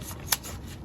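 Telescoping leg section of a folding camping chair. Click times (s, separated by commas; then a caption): 0.3 s. A telescoping leg section of a TCEK folding camping chair is pulled out to extend it, with soft sliding and rubbing before a single sharp click at 0.3 s. The leg extension locks into place.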